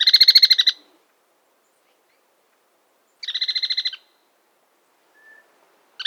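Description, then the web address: Trilling tapaculo giving short bursts of rapid, pulsed notes, each under a second long, separated by a pause of about two and a half seconds. Andes, South America. "S America Andean Birds. Trilling Tapulco (Scytalopus Parvirostris)"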